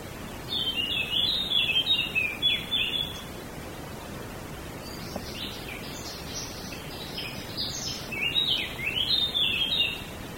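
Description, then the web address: Small birds give high, jumbled twittering phrases, one bout early and a longer one after a pause, over steady background hiss, with a faint click midway. Small birds in a wood. "audio bosco Uccellini bosco e moscone"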